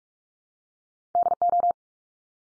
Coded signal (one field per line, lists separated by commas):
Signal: Morse code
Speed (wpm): 44 wpm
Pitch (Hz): 700 Hz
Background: none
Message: DO